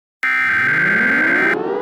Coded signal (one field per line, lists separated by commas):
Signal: Emergency Alert System (SAME) tones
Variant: header bursts